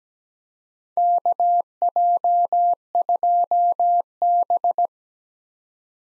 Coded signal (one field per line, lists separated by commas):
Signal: Morse code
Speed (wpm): 17 wpm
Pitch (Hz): 700 Hz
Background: none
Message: KJ2B